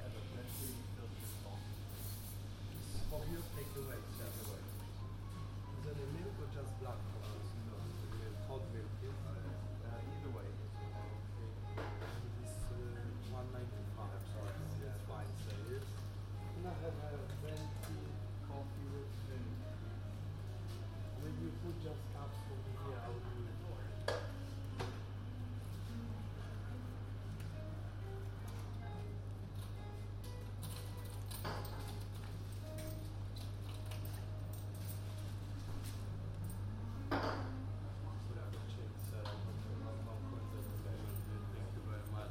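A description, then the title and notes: A quick hotel breakfast with voices chattering throughout and a steady low hum underneath. Dishes and cutlery clink in scattered bursts, with sharper clatters around 3, 24 and 37 seconds. The murmur of talk stays busy and even across the whole stretch. A binaural recording of eating a quick breakfast at the hotel.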